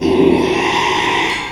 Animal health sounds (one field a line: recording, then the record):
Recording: squeal of a Yucatan mini pig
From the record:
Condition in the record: after surgery on the right vocal fold (resection and tissue-engineered implant)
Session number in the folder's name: 1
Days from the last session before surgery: 6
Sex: male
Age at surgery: 12 weeks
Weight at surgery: 13 kg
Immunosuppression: cyclosporine, prednisolone